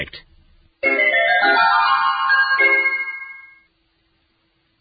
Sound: The alarm goes off but James is already up

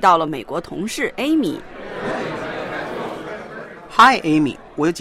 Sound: office ambience

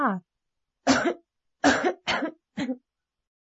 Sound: she begins to cough

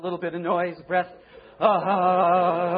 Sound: A little bit noise, breathe, ahaaaaa

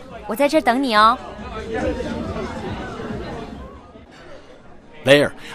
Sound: party sounds and music

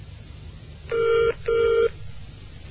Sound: sound of phone ringing, receiver picked up

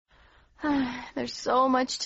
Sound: sigh!

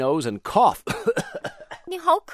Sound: cough, cough

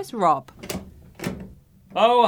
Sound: door opens

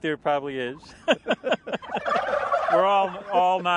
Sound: laughter

